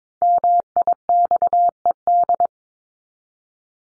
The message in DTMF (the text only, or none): none